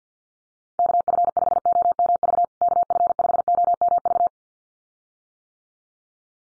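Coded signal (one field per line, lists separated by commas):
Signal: Morse code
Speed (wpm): 50 wpm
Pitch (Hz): 700 Hz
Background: none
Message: KF5OMV KF5OMV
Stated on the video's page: Call sign head-copy drill at 50 wpm, each call sign sent twice in Morse, then spoken, then sent again.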